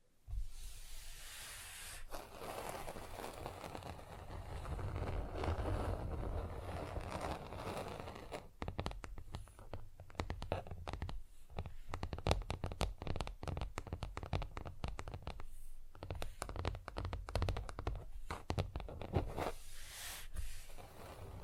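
Nail filing, rough and fast, runs as a dense steady scrape at first, then breaks into quick rapid strokes and taps until the end.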